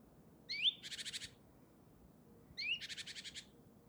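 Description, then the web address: Great tit call: a quick rising note followed by a fast harsh rattle, given twice about two seconds apart. "SETE Parus major"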